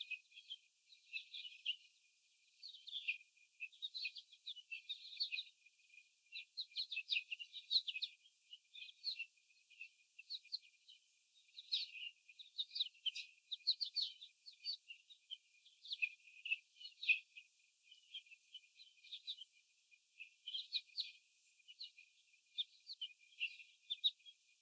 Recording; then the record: young laying hens in a cage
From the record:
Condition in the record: after the stressor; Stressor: sudden umbrella opening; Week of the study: 3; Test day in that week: 2